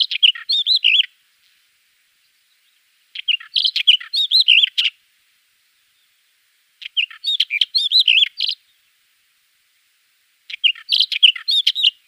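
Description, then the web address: Black wheatear song: four short, rich warbled phrases mixing whistled notes and dry clicks, one every three to four seconds, separated by silence. "Schulze Peter Black Wheatear song"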